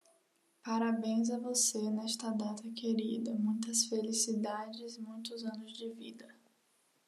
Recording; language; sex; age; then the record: short text; Brazilian Portuguese; female; 18 to 19 years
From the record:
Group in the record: control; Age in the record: 19 years